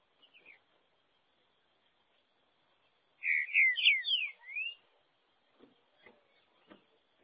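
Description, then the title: Green-winged saltator song: one rich phrase of five slurred whistles in the middle, with a faint whistle before it and scattered clicks afterward. "Trinca Ferro"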